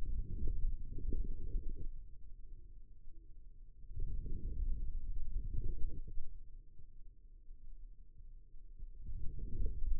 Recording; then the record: forearm muscle sounds (acoustic myography)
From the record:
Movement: outward rotation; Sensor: system 2, bracelet of six BSWA MPA416 microphones around the upper forearm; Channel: 3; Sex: male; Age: 22 years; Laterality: right